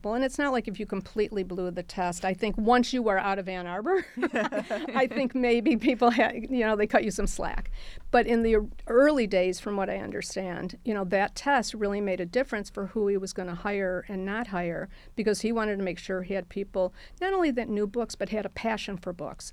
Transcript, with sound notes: It's not like if you completely blew the test. I think once you were out of Ann Arbor, [LAUGHTER] I think maybe people, they cut you some slack. But in the early days from what I understand, that test really made a difference for who he was going to hire and not hire because he wanted to make sure he had people, not only that knew books, but had a passion for books.